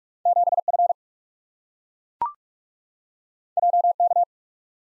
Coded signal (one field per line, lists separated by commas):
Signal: Morse code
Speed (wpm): 44 wpm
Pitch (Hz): 700 Hz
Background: none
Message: 7 F J K